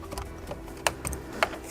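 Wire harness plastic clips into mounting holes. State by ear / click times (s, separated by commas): seated / 0.9 s, 1.4 s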